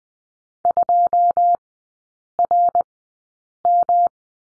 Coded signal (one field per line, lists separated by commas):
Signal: Morse code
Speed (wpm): 20 wpm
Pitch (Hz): 700 Hz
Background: none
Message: 2RM